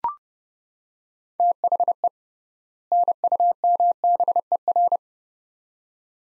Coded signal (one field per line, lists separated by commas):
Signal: Morse code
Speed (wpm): 32 wpm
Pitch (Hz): 700 Hz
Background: none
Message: THE NUMBER